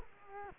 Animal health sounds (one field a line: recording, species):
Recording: mosquito wingbeat signal from an infrared sensor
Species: Culex quinquefasciatus